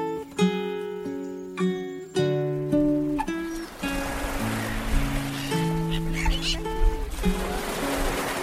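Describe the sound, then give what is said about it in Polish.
Seagulls cry out in a string of harsh, repeated calls, then a steady wash of surf rises beneath them while a few more cries sound over the waves. “Ach, jak pięknie pachnie morzem. Mewy słychać.”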